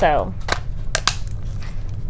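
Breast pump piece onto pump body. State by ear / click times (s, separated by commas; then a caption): seated / 1.0 s, 1.1 s. Someone talks briefly as the lower piece of a plastic breast pump assembly is hooked onto the pump body first and then twisted. Sharp clicks sound at 1.0 and 1.1 seconds as the piece clicks into place and is seated.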